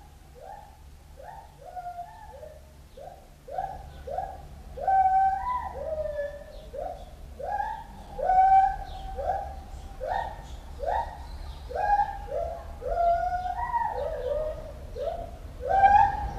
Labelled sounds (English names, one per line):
Black-and-white Ruffed Lemur